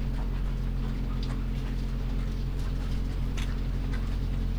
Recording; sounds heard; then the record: poultry house recording; sick chickens (respiratory disease)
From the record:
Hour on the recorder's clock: 22